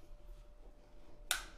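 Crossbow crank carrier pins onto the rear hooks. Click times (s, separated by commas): 1.3 s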